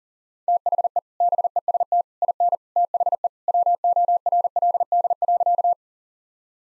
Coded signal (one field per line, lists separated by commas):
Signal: Morse code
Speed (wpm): 40 wpm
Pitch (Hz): 700 Hz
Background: none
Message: THE BEST IN THE WORLD.